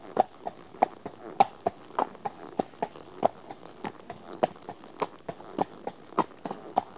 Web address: BBC Sound Effects Library. Horses. One horse at walk on tarmac